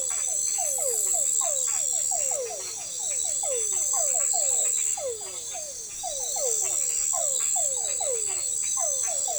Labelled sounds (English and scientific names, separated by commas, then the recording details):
none
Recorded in forest near Pivijay, Magdalena, Colombia, on 17 April 2023 at 00:30
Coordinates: 10.467, -74.380
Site Z5-G034